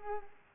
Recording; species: mosquito wingbeat signal from an infrared sensor; Culex pipiens